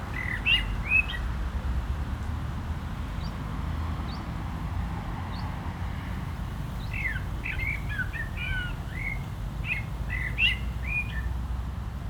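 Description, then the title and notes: Common blackbird delivering short fluty phrases with high squeaky endings, a brief phrase early then a longer run later, against continuous traffic rumble. Singing in a barranco at Agaete, Las Palmas, Spain, with cars on a nearby road; recorded with AB-positioned microphones to a portable recorder. "Agaete, Las Palmas, Espagne - Blackbird singing in the barranco. Un merle chante dans le barranco, voitures sur la route pas loin"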